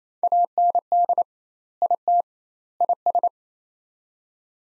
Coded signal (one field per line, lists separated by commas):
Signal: Morse code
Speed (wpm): 28 wpm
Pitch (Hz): 700 Hz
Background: none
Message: AND IT IS